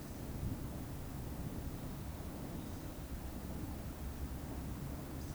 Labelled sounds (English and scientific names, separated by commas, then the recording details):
Eurasian Woodcock (Scolopax rusticola) whistle
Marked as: whistle, whistle
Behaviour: display flight
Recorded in Baden-Württemberg, Germany, on 12 June 2020 at 20:05 UTC
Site 43738, 650 m above sea level